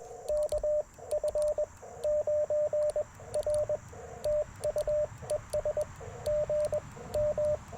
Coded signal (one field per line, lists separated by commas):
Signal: Morse code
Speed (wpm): 20 wpm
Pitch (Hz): 590 Hz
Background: radio noise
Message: KF9R TU ES GM